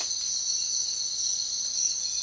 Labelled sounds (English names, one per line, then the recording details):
none
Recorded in secondary vegetation near Puerto Asís, Putumayo, Colombia, on 29 June 2025 at 05:00
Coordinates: 0.499, -76.323
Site G077